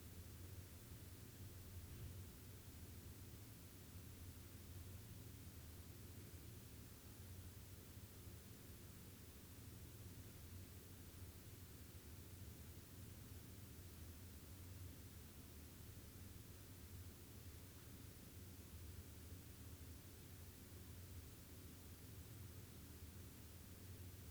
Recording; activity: daily activity, guitar pickup as the sensor; stand